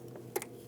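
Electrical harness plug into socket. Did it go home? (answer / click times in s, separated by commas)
yes / 0.4 s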